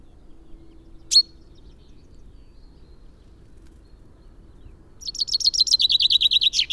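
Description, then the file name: Common chaffinch song: one sharp isolated note, a long quiet stretch, then the start of a rapid descending phrase of repeated notes, cut off at the end. "Fringilla coelebs"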